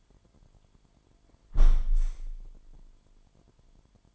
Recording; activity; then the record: daily activity, microphone in the room; close window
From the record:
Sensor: 5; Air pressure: 998.6 hPa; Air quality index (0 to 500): 100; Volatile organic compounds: 2 ppm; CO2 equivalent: 1150 ppm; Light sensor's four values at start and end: 33/82/34/38 and 33/82/34/38